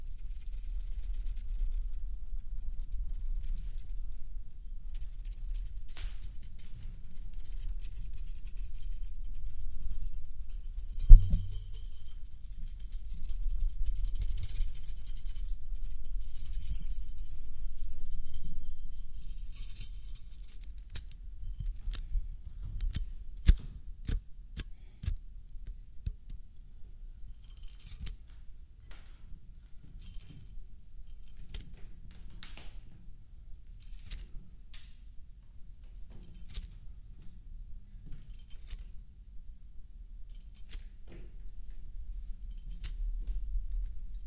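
A metal toy is handled and played with, giving sharp clicks and brief jingly clatters over a steady low rumble, with a loud knock near eleven seconds.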